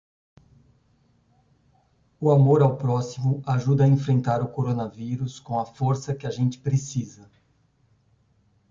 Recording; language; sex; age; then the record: spoken sentence; Brazilian Portuguese; male; 40 to 49 years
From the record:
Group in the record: control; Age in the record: 48 years